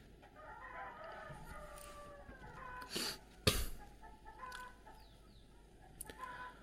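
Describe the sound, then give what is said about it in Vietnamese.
Roosters crow and hens cluck in a steady, busy chorus, with a few sharp, louder bursts breaking through the continuous poultry chatter. “Các đại ca gà ơi, gái ít thôi.”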